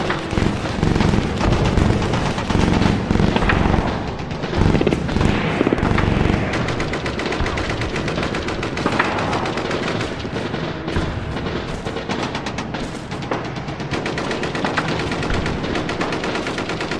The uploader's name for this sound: WWII Sounds